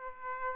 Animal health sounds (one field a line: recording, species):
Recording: mosquito wingbeat signal from an infrared sensor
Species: Aedes aegypti